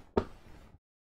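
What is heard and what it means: The bottom of a wooden rear wall panel is slid into the opening in a bassinet base. A single sharp click at 0.2 s is followed by a faint tail that fades out by about 0.8 s. The panel is seated and clicked into the base.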